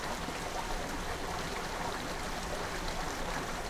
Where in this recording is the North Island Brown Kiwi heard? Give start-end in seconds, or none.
none